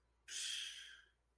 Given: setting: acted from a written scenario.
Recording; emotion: vocal sound without words; contempt